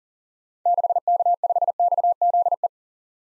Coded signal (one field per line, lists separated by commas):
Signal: Morse code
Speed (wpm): 40 wpm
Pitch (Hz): 700 Hz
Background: none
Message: 6K5XZE